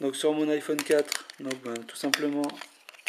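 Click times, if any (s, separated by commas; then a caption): none. A hard plastic Gear4 Angry Birds case is handled against an iPhone 4 while someone talks, with a couple of brief sharp ticks near the end at 2.9 and 3.1 seconds. The case has not clipped on yet; nothing has seated.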